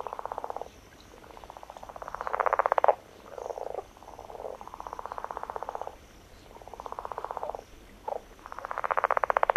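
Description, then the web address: Chiricahua leopard frog giving long rattling snore-like calls, each lasting up to about one and a half seconds, repeated in a steady series with short pauses between them. "Songs of Frogs Toads of North America. Chiricahua Leopard Frog"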